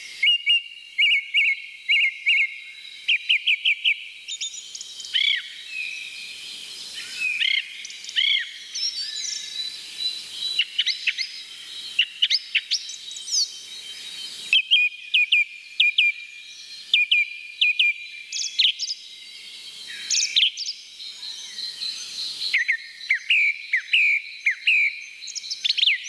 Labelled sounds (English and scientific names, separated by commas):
Song Thrush (Turdus philomelos) song